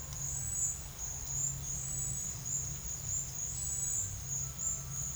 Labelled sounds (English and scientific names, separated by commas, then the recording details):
none
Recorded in secondary vegetation near Puerto Asís, Putumayo, Colombia, on 29 June 2025 at 11:00
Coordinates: 0.498, -76.327
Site GP09